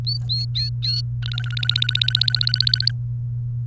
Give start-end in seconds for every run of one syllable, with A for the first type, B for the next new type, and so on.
0.06-1.01 A, 1.22-2.91 B